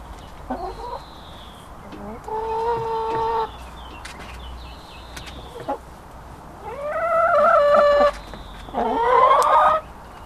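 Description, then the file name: Chicken: hens calling: drawn-out, nasal cackling notes rising in pitch, in bursts of one to two seconds, over a steady low hum. Hens, recorded 5 April 2014 on a MiniDisc recorder. "Poules 5 04 14"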